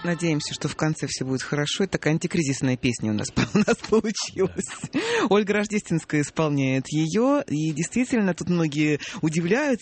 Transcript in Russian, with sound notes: Надеемся, что в конце все будет хорошо. Такая, антикризисная песня у нас получилась. (смеется) Ольга Рождественская исполняет ее, и действительно, тут многие удивляются: